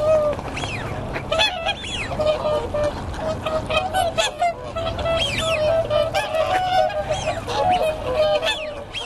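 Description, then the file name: Waterfowl honking calls, a steady nasal tone overlaid by many rising and falling cries from a crowded flock, continuous throughout. "waterfowls 01"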